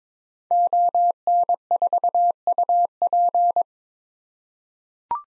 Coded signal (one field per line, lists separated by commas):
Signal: Morse code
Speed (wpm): 22 wpm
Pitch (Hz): 700 Hz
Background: none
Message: ON4UP